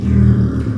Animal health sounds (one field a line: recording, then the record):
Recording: squeal of a Yucatan mini pig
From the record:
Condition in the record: after surgery on the right vocal fold (resection and tissue-engineered implant)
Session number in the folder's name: 13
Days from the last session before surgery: 113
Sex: female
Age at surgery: 19 weeks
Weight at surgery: 25 kg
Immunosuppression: prednisolone